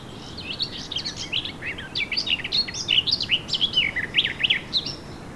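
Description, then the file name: Eurasian blackcap song: a lively, continuous warble of quick chirps and clear whistled notes, steadily louder through the middle and end. "Sylvia atricapilla"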